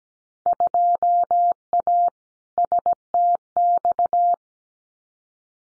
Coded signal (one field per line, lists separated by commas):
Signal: Morse code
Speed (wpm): 17 wpm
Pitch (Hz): 700 Hz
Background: none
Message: 2A STX